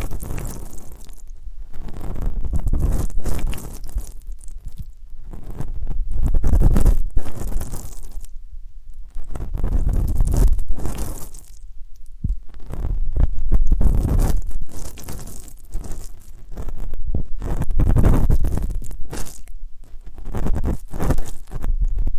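Ear canal cleaning sounds for ASMR: muffled, low scraping and rubbing that swells and fades in waves every few seconds. Dense crackly textures come in bursts with short quieter gaps around 1, 5, 9 and 12 seconds, with soft crinkling and crunching throughout.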